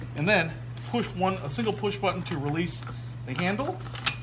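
Someone talks while handling a U.S. Traveler Rio two-piece expandable carry-on luggage set, pressing the single push button that releases the retractable telescoping handle in its suitcase handle housing. Only talk and faint handling noise are heard. Nothing has seated or clicked yet; the handle has not locked in position.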